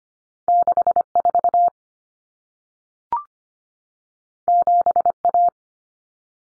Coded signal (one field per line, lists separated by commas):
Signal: Morse code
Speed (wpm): 25 wpm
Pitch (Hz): 700 Hz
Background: none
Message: 64 7A